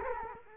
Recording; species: mosquito wingbeat signal from an infrared sensor; Culex quinquefasciatus